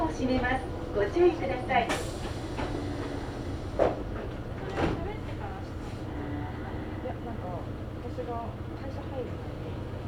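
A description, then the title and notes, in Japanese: A ride on the Meitetsu Bisai Line: a steady low rumble of the train runs throughout while voices talk over it, most clearly in the first few seconds. Sharp clanks break through near two, four and five seconds. 名鉄尾西線 玉ノ井→名鉄一宮→津島→弥富。名前の通り尾張の西側を走るのでほぼ単線区間ですが、乗車率はそこそこあります。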